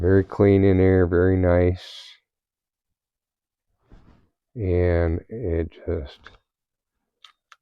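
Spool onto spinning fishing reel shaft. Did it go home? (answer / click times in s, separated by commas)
yes / 7.2 s, 7.5 s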